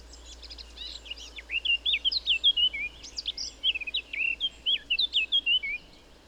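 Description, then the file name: Eurasian blackcap song: a soft scratchy start giving way to a long run of clear, loud whistled notes, rich and varied, ending abruptly. "Sylvia atricapilla"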